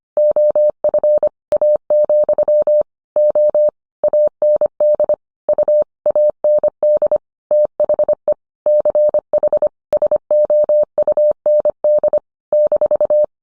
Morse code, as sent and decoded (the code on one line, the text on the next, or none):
--- ..-. / .- --..-- / --- / .- -. -.. / ..- / .- -. -.. / - .... . / -.-. .... / ... --- ..- -. -.. / -....-
OF A, O AND U AND THE CH SOUND -